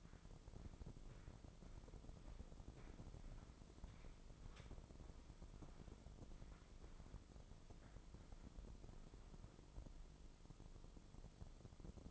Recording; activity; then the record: daily activity, microphone in the room; walk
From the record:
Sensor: 5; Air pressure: 996.0 hPa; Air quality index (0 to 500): 249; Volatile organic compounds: 535 ppm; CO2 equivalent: 4864 ppm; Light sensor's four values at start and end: 200/479/204/224 and 199/477/203/223